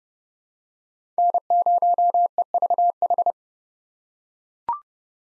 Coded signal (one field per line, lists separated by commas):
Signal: Morse code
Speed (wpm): 31 wpm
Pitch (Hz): 700 Hz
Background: none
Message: N0EVH